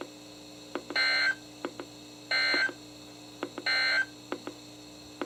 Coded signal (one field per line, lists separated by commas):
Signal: Emergency Alert System (SAME) tones